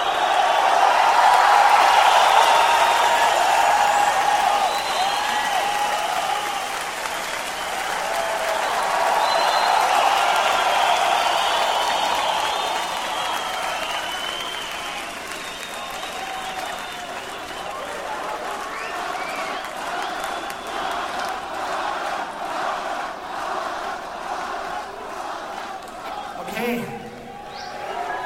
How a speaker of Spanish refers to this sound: Y ya cuando vuelven a salir, pues la banda les aplaude, les chifla y les dice que qué chingones son.